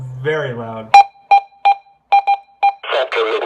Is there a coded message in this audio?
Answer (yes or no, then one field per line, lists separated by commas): no